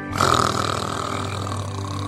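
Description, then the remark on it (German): Sid the sloth snores in one long, rough, guttural rasp that drones steadily for about two seconds at a low, buzzing pitch while being carried away by a horde of mini sloths, with no talking around it. “Der schnarchende Sid wird hier soeben von einer Horde Mini-Faultiere weggetragen.”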